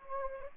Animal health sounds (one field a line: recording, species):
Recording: mosquito wingbeat signal from an infrared sensor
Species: Anopheles gambiae